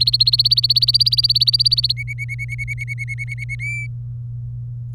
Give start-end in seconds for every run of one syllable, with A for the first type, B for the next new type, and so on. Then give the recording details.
0.00-1.92 A, 1.97-3.55 B, 3.59-3.87 C. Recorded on 24 April 2018 at 12:00. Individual llb3